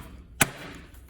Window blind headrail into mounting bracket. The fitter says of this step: and you'll get 2 snaps depending on how many brackets you have. It could be 3, 4, but you'll hear them snap into place.